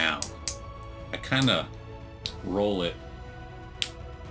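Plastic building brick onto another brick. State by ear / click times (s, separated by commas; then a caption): seated / 3.8 s. A LEGO plastic brick is rolled down onto the studs of another brick and pressed on while someone talks, with a few brief taps early on. A sharp click at 3.8 s marks the brick clicking into place, fully seated.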